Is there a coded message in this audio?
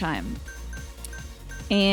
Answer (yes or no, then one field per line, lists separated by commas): no